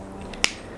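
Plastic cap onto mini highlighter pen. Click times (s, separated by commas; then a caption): 0.4 s. A small plastic cap is pressed onto a mini highlighter pen and snaps shut with a sharp, bright click at 0.4 s, preceded by a faint tick at 0.3 s over a low background hum. The cap is seated, giving a satisfying click.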